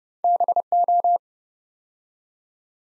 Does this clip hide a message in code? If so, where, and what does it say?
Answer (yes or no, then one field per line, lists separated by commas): yes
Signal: Morse code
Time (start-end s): 0.2-1.2 s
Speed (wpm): 30 wpm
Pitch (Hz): 700 Hz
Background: none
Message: BO